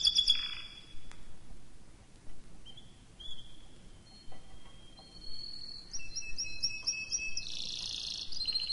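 Canary song, sparse and soft: scattered thin whistles and short high trills with gaps between, over a steady low background hiss.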